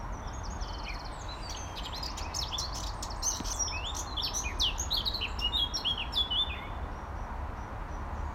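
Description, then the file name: Eurasian blackcap with a dense run of sharp, high chirping and twittering notes over a constant low background hum. "Sylvia atricapilla"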